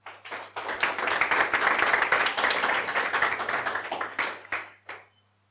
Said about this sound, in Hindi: ठीक है, बहुत बढ़िया, आप सभी के लिए जोरदार ताली एक बार।